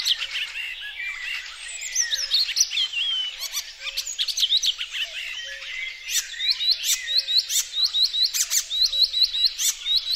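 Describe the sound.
Icterine warbler song: a varied jumble of whistles and scratchy notes, then a fast run of repeated hooked notes in the second half.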